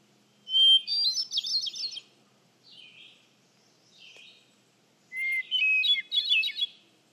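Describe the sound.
Hermit thrush song: a clear sustained whistle followed by a fluttering cascade of higher notes, then softer short phrases, and another whistle-led ethereal phrase at a different pitch.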